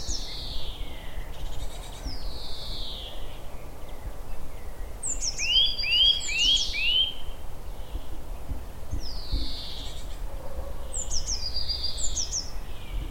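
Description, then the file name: Eurasian nuthatch calls: four rapid rising whistles near the middle, among other descending high bird calls, over constant low-frequency noise. "Sitta europaea"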